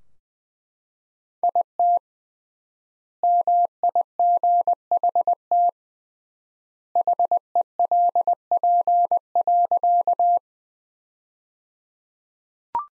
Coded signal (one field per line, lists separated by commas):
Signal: Morse code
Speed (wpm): 20 wpm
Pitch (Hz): 700 Hz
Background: none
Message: IT MIGHT HELP.